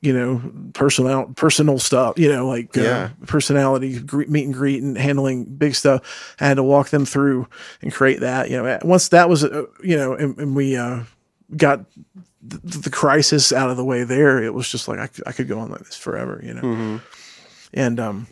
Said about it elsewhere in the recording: I don't particularly enjoy having to have impromptu conversations. You know, some of the results of my trauma, you'll hear me stammer a little bit.